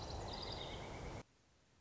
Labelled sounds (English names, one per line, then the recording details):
Pileated Woodpecker
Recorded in Sonoma County, California